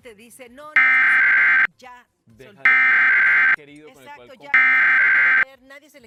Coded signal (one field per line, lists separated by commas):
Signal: Emergency Alert System (SAME) tones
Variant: header bursts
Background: speech